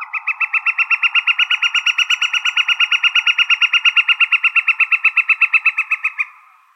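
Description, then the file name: Woodpecker call, a rapid rattling series of harsh, evenly spaced notes lasting some six seconds with no other sounds. Recorded in Arizona on 4 August 2006. "deviche"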